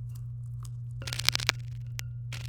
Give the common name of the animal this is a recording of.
Domestic Canary